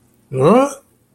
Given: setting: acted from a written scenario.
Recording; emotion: vocal sound without words; confusion